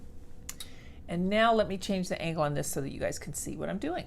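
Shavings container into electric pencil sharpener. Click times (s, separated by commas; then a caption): 0.5 s. The plastic shavings container of an AFMAT electric pencil sharpener is pushed back into the sharpener body and clicks into place with a sharp click at 0.5 s, followed by a short rattle. From about 1.1 s someone talks over faint background noise. The container is seated.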